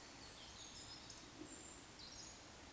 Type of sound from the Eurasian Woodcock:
whistle